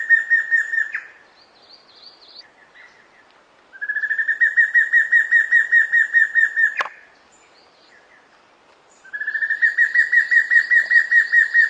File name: Canto do matracao